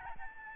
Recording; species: mosquito wingbeat signal from an infrared sensor; Aedes albopictus